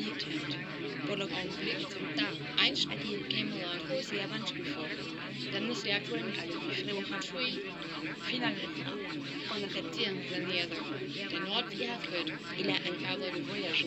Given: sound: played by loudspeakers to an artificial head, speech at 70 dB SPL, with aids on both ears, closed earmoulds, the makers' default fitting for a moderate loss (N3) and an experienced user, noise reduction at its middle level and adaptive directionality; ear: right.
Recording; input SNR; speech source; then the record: speech test signal (ISTS) in cocktail-party noise; -6 dB; on the right (90 degrees)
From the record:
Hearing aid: class 1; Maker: D